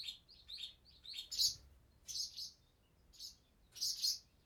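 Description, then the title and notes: Swallow chicks making thin, high begging chirps, first a rapid run of short notes, then several louder hissy bursts. Nestlings moving in their nest in a nearby cellar, parents coming to feed them; Chaussenans, France; excerpt of a long recording, 96/32, MixPre-6 II, DPA 4022 ORTF in Cinela Albert. "BB HIRONDELLES CAVE, 39800 Chaussenans, France - BÉBÉ HIRONDELLES NID DANS LA CAVE. NID D'HIRONDELLES DANS LA CAVE EN PROXIMITÉ. Les Bébé bougent dans leur nid et leur parents viennent les nourrir"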